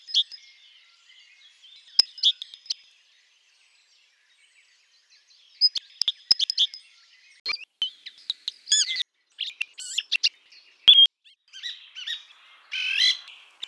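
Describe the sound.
Bird song of sparse high chirps and short whistled notes, scattered with pauses at first, then coming in quicker bursts of varied, rising and falling notes toward the end.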